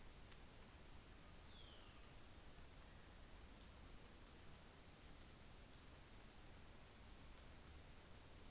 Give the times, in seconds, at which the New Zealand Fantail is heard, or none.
none